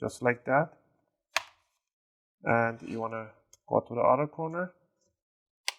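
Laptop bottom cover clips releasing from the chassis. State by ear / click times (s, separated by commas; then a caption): released / 1.4 s. An opening tool is pushed into the back corner seam of an HP ENVY 13 ah0001 laptop's bottom cover and twisted, and the plastic retaining clips release with a sharp click at 1.4 s, popping the cover open. Someone talks before and after the click, and a second short sharp sound comes at 5.7 s.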